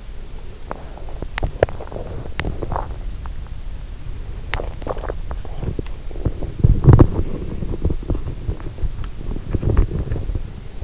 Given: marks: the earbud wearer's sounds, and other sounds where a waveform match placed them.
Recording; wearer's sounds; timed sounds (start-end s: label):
sounds in sleep by an in-ear microphone; teeth grinding, swallowing, breath
0.00-10.83 s: teeth grinding
2.09-3.62 s: swallowing
4.10-5.57 s: swallowing
10.31-10.83 s: breath